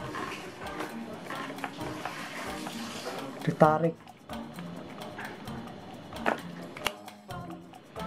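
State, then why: Seated. A drip tape hose is pulled into a plastic lock connector over background music while someone talks. Sharp clicks at 6.3 s and 6.9 s mark the connector locking, and the hose ends up firmly locked in place.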